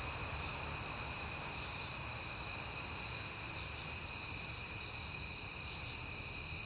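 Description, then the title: Continuous high cricket chorus in unbroken layered bands, over a soft low hum. Recorded at night in September on a peaceful night; crickets heard often that month. "Night Time: Crickets and Passing Cars"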